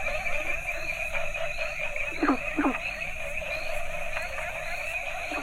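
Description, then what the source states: Frogs: frog chorus with a constant droning hum, broken by two sharp descending croaks near the middle and fainter calls around them. Mixed variety of Asian frog species calling together.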